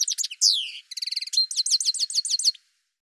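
Bird song: a dense rush of high chirps, a loud downward slur, then a rapid trill and evenly repeated falling whistled notes before stopping.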